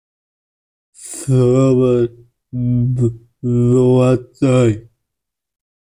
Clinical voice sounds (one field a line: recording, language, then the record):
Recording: elicited speech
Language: Bengali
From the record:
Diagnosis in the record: Broca's or global aphasia after a stroke